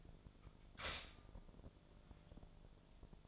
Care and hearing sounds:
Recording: daily activity, microphone in the room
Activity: stop toaster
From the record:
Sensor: 5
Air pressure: 1000.3 hPa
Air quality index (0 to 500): 123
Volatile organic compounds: 1 ppm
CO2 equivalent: 973 ppm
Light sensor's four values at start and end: 86/202/86/93 and 86/202/86/93

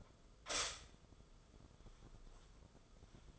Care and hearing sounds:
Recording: daily activity, microphone in the room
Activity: stop toaster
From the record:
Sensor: 5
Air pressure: 994.6 hPa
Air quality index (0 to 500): 185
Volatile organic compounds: 1000 ppm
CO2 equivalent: 5410 ppm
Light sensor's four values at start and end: 43/132/52/57 and 43/131/51/56

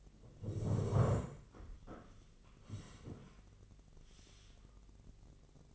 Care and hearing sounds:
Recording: daily activity, microphone in the room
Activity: sit down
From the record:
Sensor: 4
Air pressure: 1013.2 hPa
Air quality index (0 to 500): 177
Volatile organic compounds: 2 ppm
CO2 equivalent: 1116 ppm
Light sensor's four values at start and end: 47/115/48/52 and 47/115/48/52

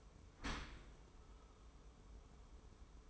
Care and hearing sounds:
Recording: daily activity, microphone in the room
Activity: open dishwasher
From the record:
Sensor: 1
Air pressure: 1015.0 hPa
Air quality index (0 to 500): 25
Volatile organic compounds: 0 ppm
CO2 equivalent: 502 ppm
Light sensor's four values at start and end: 13/30/12/14 and 13/30/12/14

